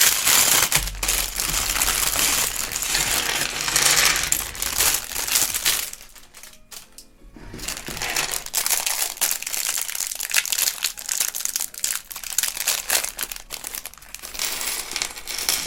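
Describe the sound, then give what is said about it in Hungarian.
A plastic bag of small Lego parts for building a Lego Imperial Shuttle rustles and crinkles continuously, with sharp crackling bursts, easing into a quieter stretch midway before the loud crumpling resumes. No one speaks. “Megint Obika felkapta a fejét a zacskónak a csörgésére, de ez még mindig nem jutalomfalak.”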